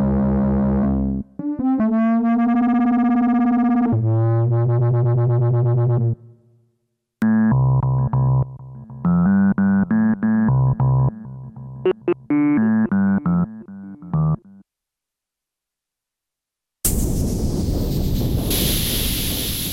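Solo synthesizer notes play in short bursts: sustained buzzy tones for the first six seconds, then choppy, stepping phrases until about 14 seconds. After a brief silence, a harsh, noisy hiss with a falling whistle-like tone fills the last three seconds.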